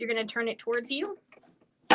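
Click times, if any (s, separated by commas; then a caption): none. Someone talks while the hand wheel of a serger is turned toward the operator during cover hem conversion, after the conversion dial has been turned, to bring the locking mechanism into place. A brief loud burst is heard at about 1.9 s, but the wheel has not locked or clicked into place yet.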